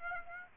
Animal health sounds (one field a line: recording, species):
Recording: mosquito wingbeat signal from an infrared sensor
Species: Aedes aegypti